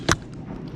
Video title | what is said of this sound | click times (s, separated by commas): Hart 40 watt 20 volt soldering iron test and review | goes in you'll feel it click | 0.1 s